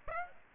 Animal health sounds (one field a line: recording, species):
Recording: mosquito wingbeat signal from an infrared sensor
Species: Aedes aegypti